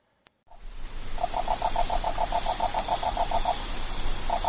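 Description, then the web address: Crested forest toad call: a fast series of short, evenly spaced pulses, then a second burst begins, with a constant high insect drone behind. Recorded in the Ecuadorian Amazon. "Frogs of Ecuadorian Amazon Bufo typhonius"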